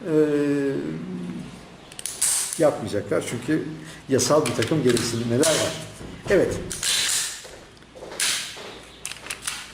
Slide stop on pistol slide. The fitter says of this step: şarjör bunun olmadığı için Tabii ki yerine oturmadı yerine oturmadığı için de sürgüyü geride işlemedi